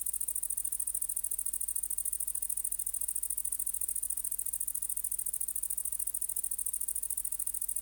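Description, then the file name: Great green bush-cricket singing a steady, shrill buzz of quick rhythmic pulses throughout, unbroken and even in loudness, with a faint low hum behind it. "Tettigonia viridissima"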